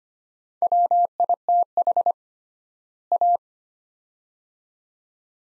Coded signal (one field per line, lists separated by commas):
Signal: Morse code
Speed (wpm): 25 wpm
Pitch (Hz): 700 Hz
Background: none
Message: WITH A